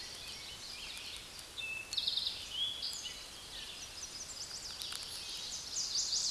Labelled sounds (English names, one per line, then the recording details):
Eastern Towhee song
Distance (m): 30 m
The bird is about 25 m above the microphone
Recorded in a Pennsylvania forest on 16 May 2024 at 08:55
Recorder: AudioMoth, point MSD-1534
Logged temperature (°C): 15.6 °C
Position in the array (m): 60 m, 14 m